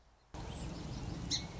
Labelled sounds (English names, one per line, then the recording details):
Song Sparrow
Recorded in Sonoma County, California